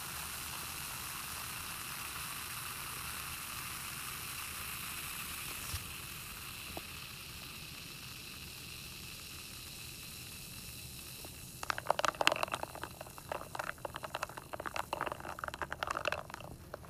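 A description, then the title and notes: A glass of diet cola fizzes with a steady, soft, bright hiss for the first several seconds, which then thins out into a quieter background fizz. From about twelve seconds to the end, irregular crackling bursts and pops come thick and fast, like sipping. ASMR Diet Coke (sipping, and fizzing).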